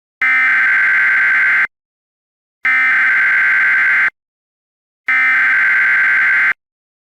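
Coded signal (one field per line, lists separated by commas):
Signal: Emergency Alert System (SAME) tones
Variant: header bursts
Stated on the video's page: Fictional mock tsunami alert scenario using valid EAS tones; not real.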